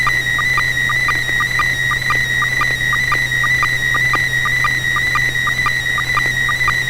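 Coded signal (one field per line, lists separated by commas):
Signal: SSTV (slow-scan television)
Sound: steady warbling high tone with quick regular low clicks, over a constant hum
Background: low electrical hum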